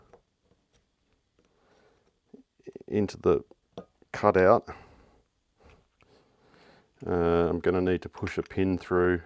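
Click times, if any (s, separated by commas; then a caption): none. A small screwdriver flicks the edge of a steel C-clip, the piston pin circlip, down into the cutout of an aluminium piston, lining it up before it is pushed home into its groove. Faint, short ticks of handling come at about 0.1, 1.5, 2.3, 2.7, 2.8, 6.0 and 6.5 seconds while someone talks. The clip is only positioned here, and nothing has seated or clicked yet.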